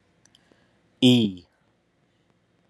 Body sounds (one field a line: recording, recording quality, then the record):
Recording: sustained vowel as in beet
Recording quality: excellent, no background noise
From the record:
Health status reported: respiratory illness, not identified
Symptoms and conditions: asthma, hypertension, diabetes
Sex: male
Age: 59 years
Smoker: not ticked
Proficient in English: yes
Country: United States